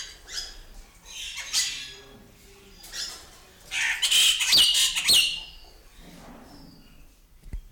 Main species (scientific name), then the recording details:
Acridotheres melanopterus. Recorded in captivity. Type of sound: song, call, call sequence. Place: Zoo Berlin, Berlin, DE. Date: 1996-01-12. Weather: bedeckt, um 0°C. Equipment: Marantz CP 430, Sennheiser ME 80, Kopie Uher 4000 Report Monitor. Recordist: Tembrock, Günter. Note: Kurze Lautfolgen durch Pfeifen des Pflegers angeregt, Entfernung ca. 2 m